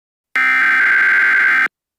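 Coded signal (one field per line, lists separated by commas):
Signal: Emergency Alert System (SAME) tones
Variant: header bursts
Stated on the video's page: Simulated EAS scenario made in the Kinemaster mobile app.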